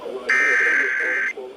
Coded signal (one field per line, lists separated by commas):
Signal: Emergency Alert System (SAME) tones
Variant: header bursts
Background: speech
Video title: EAS #2382-2390 Severe Thunderstorm Warning